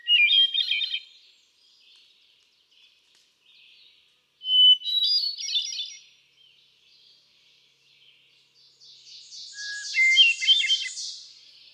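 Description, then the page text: Hermit thrush singing three separate phrases at differing pitches, each a held note opening into rapid fluty trills, with a pulsing high sound near the end. Male singing on 13 June 2006 at Quabbin Park, Ware, Massachusetts; cycles through a repertoire of about ten different songs. "Birdsong for the Curious Naturalist. Hermit thrush"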